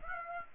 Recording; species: mosquito wingbeat signal from an infrared sensor; Aedes aegypti